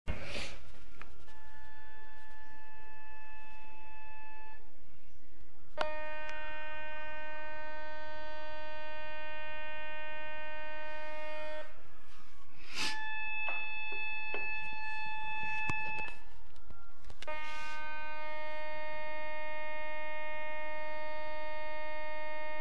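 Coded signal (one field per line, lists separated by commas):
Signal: radar signal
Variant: over-the-horizon radar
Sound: steady multi-tone buzzing hum whose pitch changes between segments, with occasional clicks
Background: radio static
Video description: finally the signal has been recognized-- we heard the Iranian Over The Horizon Radar (OTHR).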